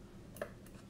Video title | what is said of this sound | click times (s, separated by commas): FrSky X9D+ 2019 Transmitter New In Box Setup How To's from Cyclone FPV | right so put the memory stick in right side up like normal where you can see the label press it until it clicks | 0.4 s